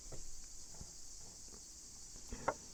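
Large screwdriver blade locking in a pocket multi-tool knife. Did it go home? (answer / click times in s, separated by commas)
yes / 2.5 s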